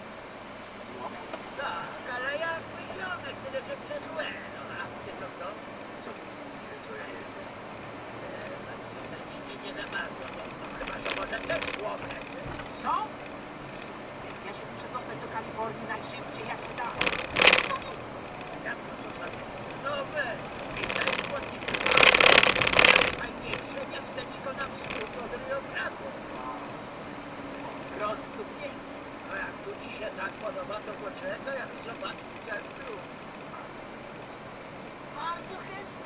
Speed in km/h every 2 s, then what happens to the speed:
0, 0, 15, 17, 23, 23, 25, 28, 32, 33, 36, 36, 37, 38, 37, 37, 31, 30.
0-2 standing. 2-20 pulls away to 36. 20-30 steady at about 37. 30-36 slows to 30.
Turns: none.